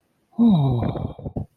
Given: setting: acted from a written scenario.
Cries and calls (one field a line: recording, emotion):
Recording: vocal sound without words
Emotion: ecstasy